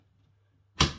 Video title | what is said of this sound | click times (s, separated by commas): ASG Scorpion Evo CZ Review | locks in place at the top. | 0.8 s